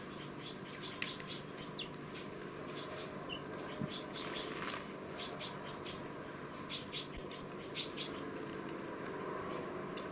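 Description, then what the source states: Crossbill calls: short high chirps repeated irregularly, often in quick clusters, throughout, over a steady low hum. Young crossbills (babies), numbered 301 and 302, kept in a cell and recorded right next to each other.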